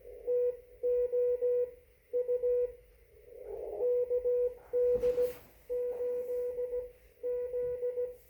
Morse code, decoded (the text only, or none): TO U KD8Z